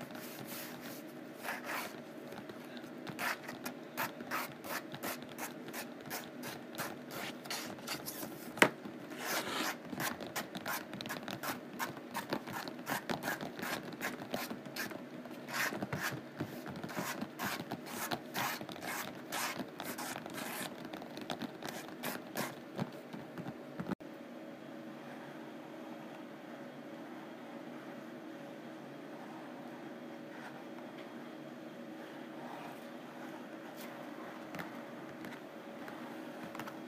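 Rough canvas is scratched and tapped in quick, irregular strokes, dense and bright through the first twenty-four seconds, with one sharp tap near nine seconds. After that the strokes stop and only a low, steady hum remains, with a few faint scrapes.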